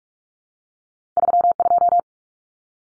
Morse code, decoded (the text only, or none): 32